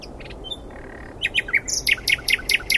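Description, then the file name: Common nightingale song phrase: soft opening notes building into a quick series of loud, sharp, evenly spaced chirps. "Luscinia megarhynchos"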